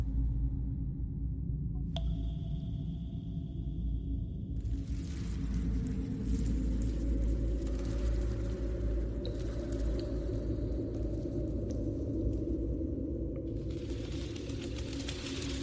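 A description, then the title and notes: A dark alien hive ambience built on a deep, steady rumble that never lets up. Around two seconds a thin, eerie whine hangs for a couple of seconds, then a dense layer of hissing, crackling texture spreads over the drone and continues to the end. Alien hive ASMR ambience. Predator cave | relaxing slimy sounds.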